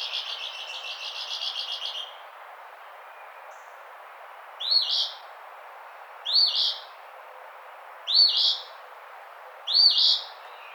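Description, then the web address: Eastern phoebe singing its burry two-part phrase four times, about every two seconds, after a buzzy trill in the first two seconds. Recorded 16 June 2009. "Eastern Phoebe 2009 06 16"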